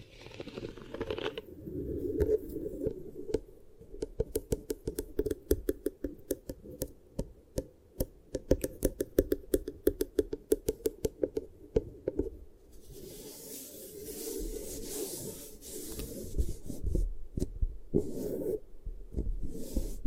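Beeswax is worked over the ears: for the first twelve seconds it crackles in rapid sticky clicks and pops, some sharp, over a soft low thrum. After that it turns to a denser, hissing rub that swells and fades until the end.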